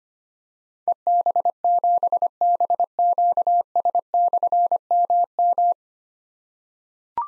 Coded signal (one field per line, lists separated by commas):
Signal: Morse code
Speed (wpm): 25 wpm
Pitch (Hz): 700 Hz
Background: none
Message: EB7BQS/MM